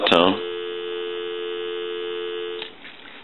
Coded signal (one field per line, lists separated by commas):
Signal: telephone call progress tone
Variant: North America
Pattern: dial tone